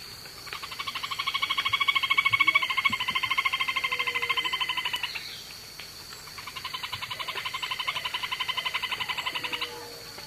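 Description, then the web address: Black-banded crake rattling in two long, rapid, evenly pulsed trills, the first louder, with a steady high hum throughout. Recorded in the eastern lowlands of South America. "Natures Songs S America Eastern Lowlands. Black-banded Crake"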